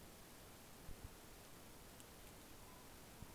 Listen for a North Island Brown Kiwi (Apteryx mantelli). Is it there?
no